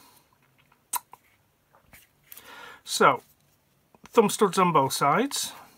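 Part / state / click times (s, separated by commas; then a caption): knife handle part (scale or clip) into the knife frame / not seated / none. A part of a Kershaw folding pocket knife, a scale or clip with thumb studs on both sides, is handled while being fitted back into the knife frame during reassembly. Short, sharp handling taps are heard, the loudest near 0.9 s, while someone talks. Nothing has seated or clicked into place yet.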